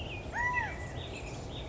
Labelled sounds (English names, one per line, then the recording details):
California Quail
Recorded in Sonoma County, California